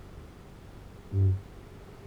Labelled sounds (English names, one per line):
Kākāpō boom